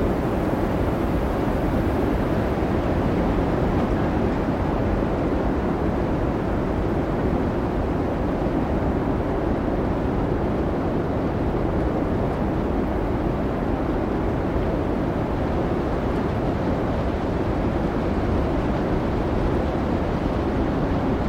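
Blizzard wind roars without pause, a thick, low rumble that holds the same loudness from start to finish. There are no separate gusts or events, only a dense churning wash with a thinner hiss riding above it.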